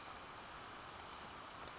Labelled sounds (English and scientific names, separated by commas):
Western Flycatcher (Empidonax difficilis)